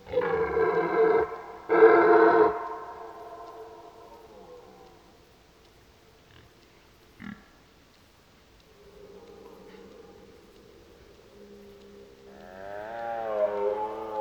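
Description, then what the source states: Red deer with two harsh, strong roars early on, then quiet with a faint grumble and one click, ending in a wavering bellow. During the rut, while driving the herd.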